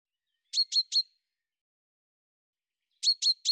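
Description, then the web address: Bird chirping: two bursts of three sharp, high notes each, separated by a gap of about two seconds. "cianscape birddata Deverinetal 2025 Bird Fr Co"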